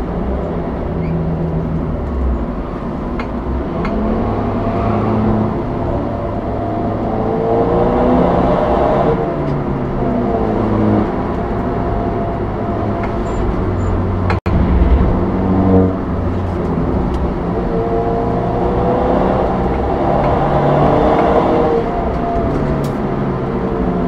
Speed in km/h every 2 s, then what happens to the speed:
71, 68, 69, 66, 72, 85, 84, 75, 72, 74, 88, 83.
0-6 steady at about 68. 6-10 speeds up to 85. 10-17 slows to 72. 17-20 speeds up to 88.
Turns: none.